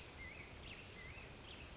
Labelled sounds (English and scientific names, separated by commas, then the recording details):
Black-headed Grosbeak (Pheucticus melanocephalus)
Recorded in Sonoma County, California